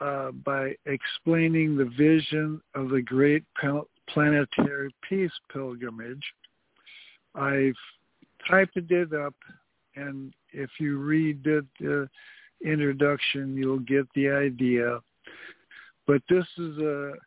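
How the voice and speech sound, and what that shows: Slow, halting adult male speech with long pauses and stretched sounds, from a sudden-onset acquired speech impediment; typing and writing are unaffected, but he does not sound the same and verbal communication is very difficult and slow.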